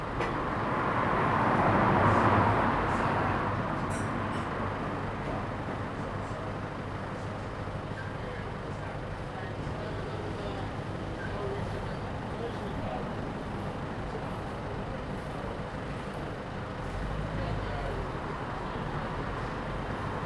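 Street sounds by a small bar: a vehicle swells past around two seconds, then steady traffic hum and murmuring voices continue, with another rumble near seventeen seconds.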